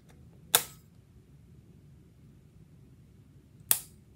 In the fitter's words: and you'll just take the pen push against the skin you'll hear a click